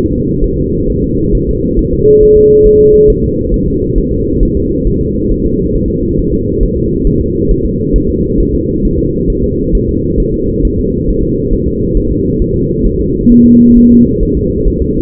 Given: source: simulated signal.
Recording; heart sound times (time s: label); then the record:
fetal heart sounds
0.12 s: S2
0.44 s: S1
0.58 s: S2
0.90 s: S1
1.04 s: S2
1.35 s: S1
1.49 s: S2
1.79 s: S1
1.93 s: S2
2.23 s: S1
2.37 s: S2
2.66 s: S1
2.81 s: S2
3.10 s: S1
3.24 s: S2
3.54 s: S1
3.68 s: S2
3.98 s: S1
4.12 s: S2
4.43 s: S1
4.57 s: S2
4.87 s: S1
5.01 s: S2
5.31 s: S1
5.46 s: S2
5.75 s: S1
5.90 s: S2
6.19 s: S1
6.33 s: S2
6.63 s: S1
6.77 s: S2
7.07 s: S1
7.21 s: S2
7.51 s: S1
7.66 s: S2
7.96 s: S1
8.10 s: S2
8.40 s: S1
8.54 s: S2
8.85 s: S1
8.99 s: S2
9.30 s: S1
9.44 s: S2
9.75 s: S1
9.89 s: S2
10.20 s: S1
10.34 s: S2
10.65 s: S1
10.79 s: S2
11.09 s: S1
11.23 s: S2
11.53 s: S1
11.68 s: S2
11.97 s: S1
12.12 s: S2
12.42 s: S1
12.56 s: S2
12.86 s: S1
13.01 s: S2
13.32 s: S1
13.46 s: S2
13.77 s: S1
13.91 s: S2
14.23 s: S1
14.37 s: S2
14.67 s: S1
14.82 s: S2
From the record:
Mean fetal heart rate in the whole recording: 135 bpm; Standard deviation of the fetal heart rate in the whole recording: 3 bpm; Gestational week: 36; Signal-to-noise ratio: -14.7 dB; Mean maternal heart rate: 72 bpm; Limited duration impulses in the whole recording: present